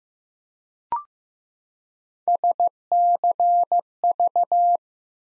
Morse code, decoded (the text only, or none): SCV